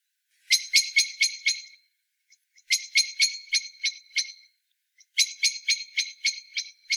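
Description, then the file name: Common blackbird giving three rattling bursts of hard chak notes, each of about six to eight notes, separated by roughly a second of near silence. "Turdus merula"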